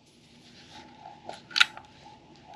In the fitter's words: just snaps in place and then reinstall your blue clip